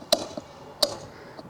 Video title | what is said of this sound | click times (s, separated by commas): Full-Tour Rental Walkaround: Coachmen Leprechaun 319MB | Anytime you put fuel in, grab that little piece of rubber there that holds that on and listen for that click. | 0.1 s, 0.8 s